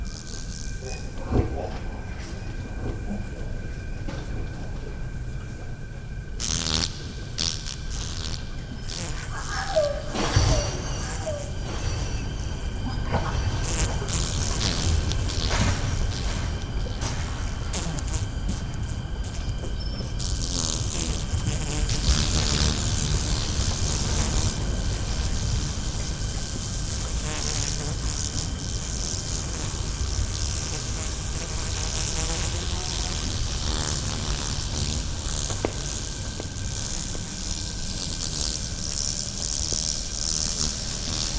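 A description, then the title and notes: A night field recording in Fortuna, Murcia: a steady hum with a faint high tone, scattered crackles and bursts, and a busier, denser stretch after twenty seconds. Field recordings. Night of San Juan.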